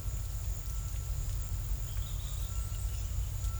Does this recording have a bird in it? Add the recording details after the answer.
yes. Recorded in secondary vegetation near Puerto Asís, Putumayo, Colombia, on 26 December 2024 at 13:30. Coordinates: 0.499, -76.323. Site G010